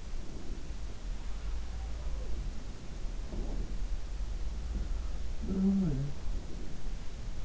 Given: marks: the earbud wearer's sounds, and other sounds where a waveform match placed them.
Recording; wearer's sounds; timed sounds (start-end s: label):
sounds in sleep by an in-ear microphone; breath
0.00-0.68 s: breath
3.14-3.81 s: breath
4.34-7.45 s: sound from someone else or the room